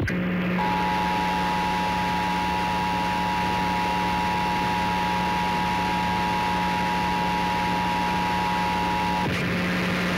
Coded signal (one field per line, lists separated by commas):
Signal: Emergency Alert System (SAME) tones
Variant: 853 and 960 Hz attention tone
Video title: WMDT-DT2/Comcast Emergency Alert System - National Periodic Test (August 11, 2021)